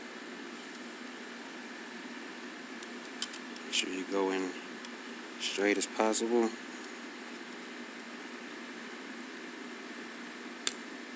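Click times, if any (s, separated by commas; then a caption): 10.7 s. A fuel line quick-connect fitting is pushed as straight as possible onto a new Precision fuel filter and fuel return (regulator) assembly while someone talks over a steady background hum. A sharp snap at 10.7 s marks the fitting seating, and it is confirmed snapped in place.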